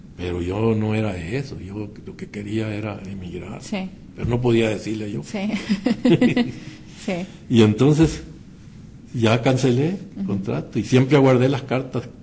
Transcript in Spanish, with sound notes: Pero yo no era eso, yo lo que quería era emigrar pero no podía decirle yo.
Sí, (risas) sí.
Y entonces ya cancelé contrato y siempre aguardé las cartas